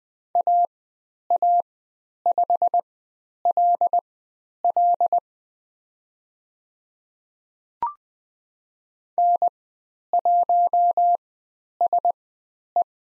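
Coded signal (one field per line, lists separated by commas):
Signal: Morse code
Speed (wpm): 20 wpm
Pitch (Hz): 700 Hz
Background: none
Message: AA5LL N1SE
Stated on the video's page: Morse code lesson on the letter M with call signs, Farnsworth speed 20/10 wpm.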